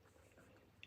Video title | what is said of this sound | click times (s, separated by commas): John Lockwood 230325 | So you can put it on the ground, move your die until it clicks into place. | 0.8 s